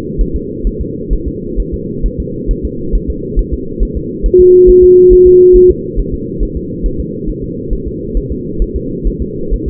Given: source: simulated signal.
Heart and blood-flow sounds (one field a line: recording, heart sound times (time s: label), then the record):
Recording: fetal heart sounds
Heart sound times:
0.21 s: S1
0.36 s: S2
0.67 s: S1
0.81 s: S2
1.13 s: S1
1.28 s: S2
1.60 s: S1
1.74 s: S2
2.06 s: S1
2.20 s: S2
2.51 s: S1
2.65 s: S2
2.95 s: S1
3.10 s: S2
3.39 s: S1
3.53 s: S2
3.83 s: S1
3.97 s: S2
4.26 s: S1
4.40 s: S2
4.70 s: S1
4.84 s: S2
5.13 s: S1
5.27 s: S2
5.56 s: S1
5.71 s: S2
6.00 s: S1
6.14 s: S2
6.43 s: S1
6.57 s: S2
6.86 s: S1
7.00 s: S2
7.30 s: S1
7.44 s: S2
7.73 s: S1
7.88 s: S2
8.17 s: S1
8.32 s: S2
8.62 s: S1
8.76 s: S2
9.07 s: S1
9.22 s: S2
9.53 s: S1
9.68 s: S2
From the record:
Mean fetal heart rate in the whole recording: 135 bpm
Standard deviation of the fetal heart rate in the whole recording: 3 bpm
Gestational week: 36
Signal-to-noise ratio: -6.6 dB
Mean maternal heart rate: 72 bpm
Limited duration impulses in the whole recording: present